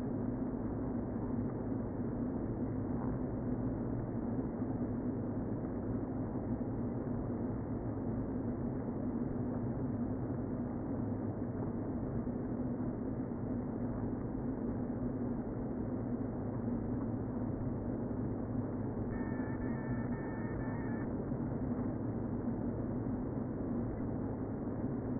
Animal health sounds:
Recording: honeybee colony, microphone inside the hive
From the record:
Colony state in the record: queen present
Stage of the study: before two queens were removed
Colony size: about 60,000 bees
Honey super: yes

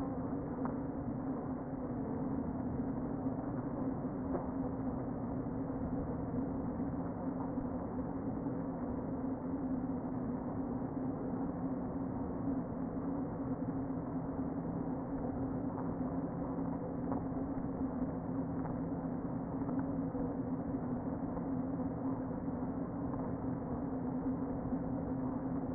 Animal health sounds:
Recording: honeybee colony, microphone inside the hive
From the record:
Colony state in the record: queen present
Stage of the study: before two queens were removed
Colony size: about 60,000 bees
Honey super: yes

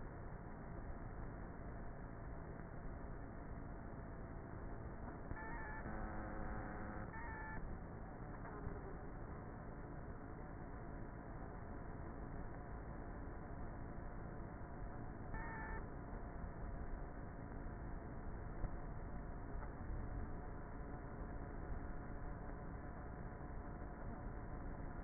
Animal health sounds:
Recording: honeybee colony, microphone inside the hive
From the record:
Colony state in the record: queenless with a low population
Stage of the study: before two queens were removed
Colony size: about 30,000 bees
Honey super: no

